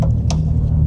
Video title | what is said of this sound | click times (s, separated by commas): Fog Light LED Upgrade on a Honda Pilot (2012–2015) - Easy DIY Install | I'm just going to take this and plug it back in until you hear a little snap, and now it's ready to go back up and in. | 0.3 s